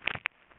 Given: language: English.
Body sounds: throat vibration sensor signal played as sound; swallow

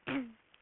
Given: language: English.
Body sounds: throat vibration sensor signal played as sound; throat clearing

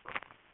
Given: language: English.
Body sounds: throat vibration sensor signal played as sound; swallow

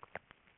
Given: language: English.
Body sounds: throat vibration sensor signal played as sound; swallow

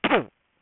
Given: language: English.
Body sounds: throat vibration sensor signal played as sound; cough

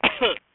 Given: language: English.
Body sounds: throat vibration sensor signal played as sound; cough

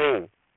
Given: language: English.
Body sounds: throat vibration sensor signal played as sound; speech

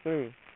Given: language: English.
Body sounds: throat vibration sensor signal played as sound; speech

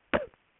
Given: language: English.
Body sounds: throat vibration sensor signal played as sound; cough

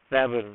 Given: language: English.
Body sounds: throat vibration sensor signal played as sound; speech

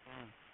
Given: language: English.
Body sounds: throat vibration sensor signal played as sound; speech

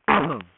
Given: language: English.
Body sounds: throat vibration sensor signal played as sound; throat clearing

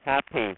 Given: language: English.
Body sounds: throat vibration sensor signal played as sound; speech

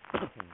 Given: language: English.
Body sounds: throat vibration sensor signal played as sound; cough

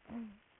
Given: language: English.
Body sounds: throat vibration sensor signal played as sound; throat clearing

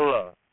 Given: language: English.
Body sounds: throat vibration sensor signal played as sound; speech

